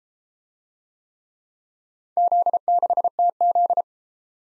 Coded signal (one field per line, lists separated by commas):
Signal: Morse code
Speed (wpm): 32 wpm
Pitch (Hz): 700 Hz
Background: none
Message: Z6TZ